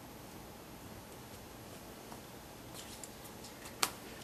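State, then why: Seated. Caster wheel brake locks on a rolling brewing cart are stepped on after the cart is rolled to the edge for cooling. Against a steady low background hiss, a small click sounds at 3.0 s and a much sharper, louder snap at 3.8 s as the locks engage. The wheels are locked into place.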